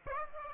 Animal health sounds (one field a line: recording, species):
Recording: mosquito wingbeat signal from an infrared sensor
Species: Aedes aegypti